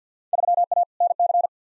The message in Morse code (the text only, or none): 3A NC